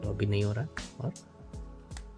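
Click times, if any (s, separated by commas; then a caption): 2.0 s. Someone talks while a perfume bottle cap, placed off its set position on the atomizer neck, fails to click. Once it is realigned, it clicks home at 1.9 s with a short, sharp snap, and the cap is seated.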